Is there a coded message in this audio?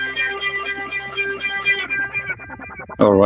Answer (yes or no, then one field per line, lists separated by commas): no